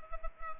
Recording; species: mosquito wingbeat signal from an infrared sensor; Culex pipiens